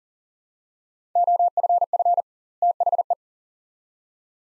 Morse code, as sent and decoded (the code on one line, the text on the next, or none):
--- ..-. ..-. / - .... .
OFF THE